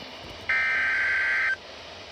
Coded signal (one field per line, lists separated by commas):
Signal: Emergency Alert System (SAME) tones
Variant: header bursts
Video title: EAS blizzard warning